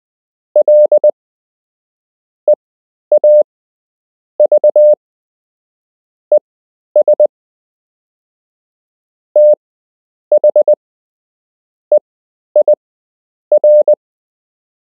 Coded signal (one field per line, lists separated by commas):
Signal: Morse code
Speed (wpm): 20 wpm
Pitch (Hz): 600 Hz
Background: none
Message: LEAVES THEIR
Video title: You can learn Morse code - Part 6